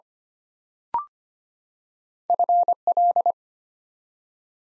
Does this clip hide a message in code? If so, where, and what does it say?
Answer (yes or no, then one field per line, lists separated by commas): yes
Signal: Morse code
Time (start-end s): 2.3-3.3 s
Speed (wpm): 25 wpm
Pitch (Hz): 700 Hz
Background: none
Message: FL